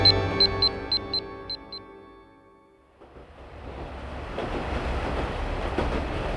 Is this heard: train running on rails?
yes